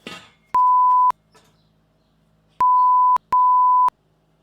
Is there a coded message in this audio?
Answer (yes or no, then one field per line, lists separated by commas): no